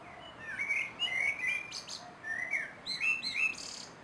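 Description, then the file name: Common blackbird singing mellow whistled phrases that bend up and down, each closing in a squeaky high twitter. "Turdus merula"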